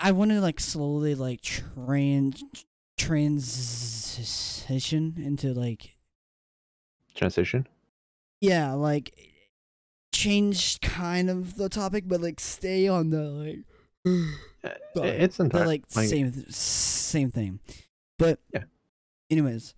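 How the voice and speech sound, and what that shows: Halting speech from an autistic adult man who stutters, with stretched sounds, a restarted word and long pauses between phrases. His stutter had slowed with speech therapy but has come back.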